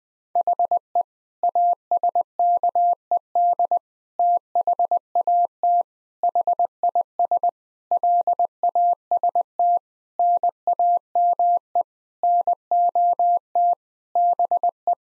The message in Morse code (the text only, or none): HE ASKED THAT HIS LAST NAME NOT BE